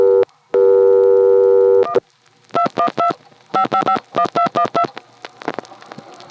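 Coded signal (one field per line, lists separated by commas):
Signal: DTMF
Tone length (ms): 90 ms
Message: 1 212 5551212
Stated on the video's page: Multi-frequency signalling from an NX1 crossbar exchange.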